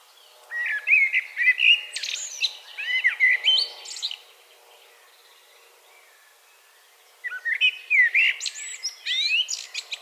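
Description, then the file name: Common blackbird sings two long phrases separated by a pause of a few seconds, each made of mellow warbled whistles mixed with high squeaky flourishes. "Turdus merula"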